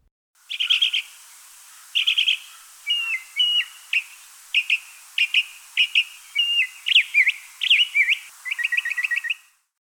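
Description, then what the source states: Northern Mockingbird song: a varied run of high whistled and chirpy phrases, each repeated in quick bursts of several notes before switching to a new phrase. One of the male's main songs; males have over 150 song types imitating inanimate objects and other bird species; unmated males sometimes sing at night.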